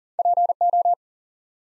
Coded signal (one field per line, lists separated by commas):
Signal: Morse code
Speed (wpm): 38 wpm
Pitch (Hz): 700 Hz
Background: none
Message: PO